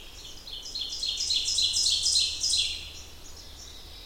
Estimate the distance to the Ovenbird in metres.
about 20 m